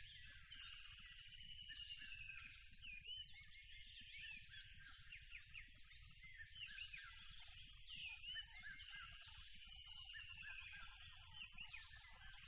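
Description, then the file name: Crickets in a steady, high continuous trill throughout, with many birds whistling and chirping over the top. Loud crickets beside a tropical river. "smartsound ATMO NATURE Tropical River Loud Crickets"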